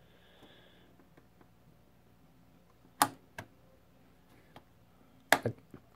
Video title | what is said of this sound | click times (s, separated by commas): How To Install Basic Computer Parts (AMD Processor & GPU) - HardwareNL | not gonna break anything just press down and eventually the two latches will lock into place | 3.0 s, 5.3 s